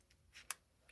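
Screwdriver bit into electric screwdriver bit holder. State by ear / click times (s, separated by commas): seated / 0.5 s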